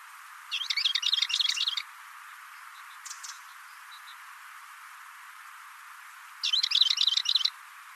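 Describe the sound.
Bird giving two quick runs of high, trilled chirps several seconds apart.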